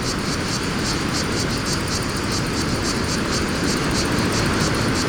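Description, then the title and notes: Cicada: pulsed, high buzzing of cicadas under a continuous wash of wind and low vehicle rumble. Fontvieille, France; pine wood during mistral wind; some traffic noise; two Shure BG 4.0 mics, DIY windscreen, Tascam DA-P1 DAT recorder; excerpt from CDR copy. "Fontvieille, France - Mistral et cigales. Le Mistral dans la pinède les cigales et insectes au sol , quelques bruits de circulation"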